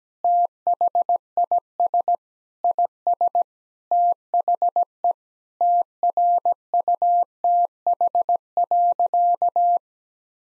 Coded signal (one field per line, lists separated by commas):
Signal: Morse code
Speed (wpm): 17 wpm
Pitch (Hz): 700 Hz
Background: none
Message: THIS IS THE TRUTH.